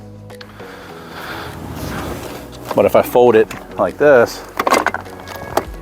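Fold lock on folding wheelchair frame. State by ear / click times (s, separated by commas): seated / 5.6 s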